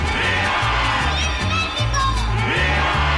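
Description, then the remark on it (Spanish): A large crowd shouts "Viva México" in loud, sustained unison, voices rising and swelling over a steady, thumping low beat that runs through the whole three seconds. “Y desde la trinchera donde nos toque luchar, gritamos ¡Viva México!”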